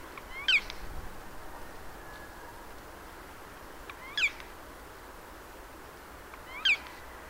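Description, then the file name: Eurasian jay: three loud, short, nasal calls with a downward slur, a few seconds apart against a quiet steady hiss. "Garrulus glandarius"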